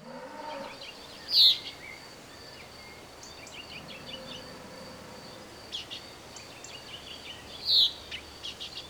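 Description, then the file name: Common chaffinch calls: two sharp, high single notes about six seconds apart, with faint scattered chirps and constant background hiss. "Fringilla coelebs"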